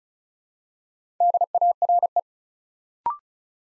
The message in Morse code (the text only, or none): DARE